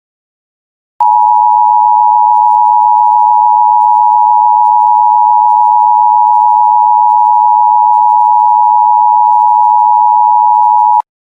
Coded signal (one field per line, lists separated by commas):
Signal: Emergency Alert System (SAME) tones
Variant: 853 and 960 Hz attention tone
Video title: Sheriff Woody Channel EAS Test